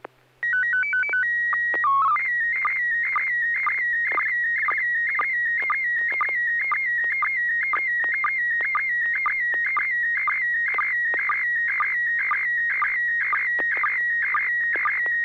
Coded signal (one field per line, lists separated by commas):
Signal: SSTV (slow-scan television)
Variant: PD 120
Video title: N6NA SSTV Net - 10/27/2021